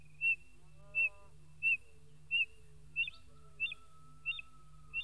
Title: Museo de Ciencias de Bahía Blanca - PdA - Inambú